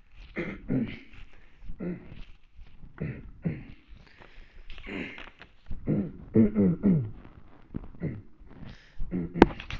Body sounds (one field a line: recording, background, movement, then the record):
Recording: throat clearing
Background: quiet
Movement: sitting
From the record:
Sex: male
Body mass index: 21.0 kg/m2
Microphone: on the chest, facing the body